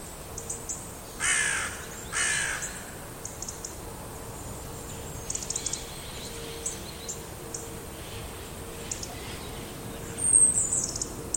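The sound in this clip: Bird giving two hoarse caws about a second apart, then scattered soft clicks and a brief scratchy note near the end over a low hum.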